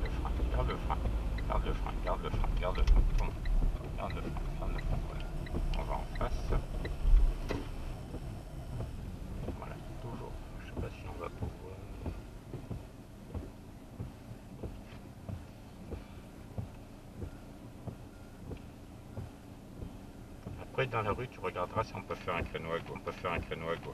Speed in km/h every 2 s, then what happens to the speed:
23, 17, 16, 14, 12, 5, 0, 0, 0, 0, 0, 0.
0-11 slows to 0. 11-24 standing.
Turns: 0-4.